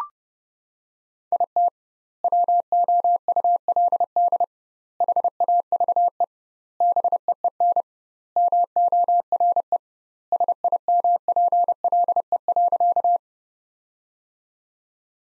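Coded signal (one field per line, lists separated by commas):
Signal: Morse code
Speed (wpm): 30 wpm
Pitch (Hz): 700 Hz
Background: none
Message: IT WOULD HAVE BEEN MORE SIMPLE.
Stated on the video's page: Morse practice sentences built from the top 400 words at 30 wpm, with twice the standard word spacing, similar to the Farnsworth method.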